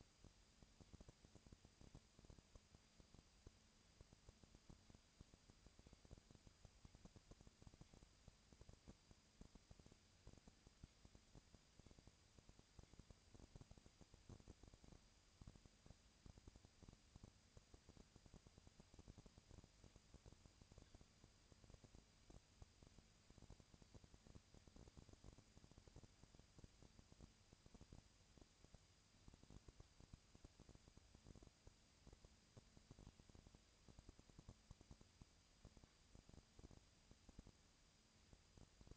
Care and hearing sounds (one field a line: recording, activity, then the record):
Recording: daily activity, microphone in the room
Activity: no activity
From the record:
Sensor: 2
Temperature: 20.1 degrees Celsius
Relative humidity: 35.5%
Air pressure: 996.8 hPa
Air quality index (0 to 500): 197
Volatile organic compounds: 30 ppm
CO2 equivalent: 2948 ppm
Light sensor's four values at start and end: 2/3/2/2 and 2/3/2/2